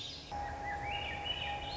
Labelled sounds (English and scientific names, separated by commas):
Swainson's Thrush (Catharus ustulatus)